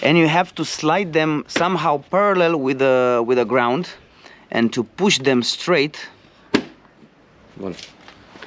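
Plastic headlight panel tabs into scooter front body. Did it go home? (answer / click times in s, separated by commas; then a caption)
yes / 6.5 s. Someone talks while the plastic front headlight panel of a Honda Vision 110 scooter is slid in parallel to the ground and pushed straight into the front body. A sharp plastic click at 6.6 seconds shows the tabs snapping into place, and the panel is seated after a difficult fit.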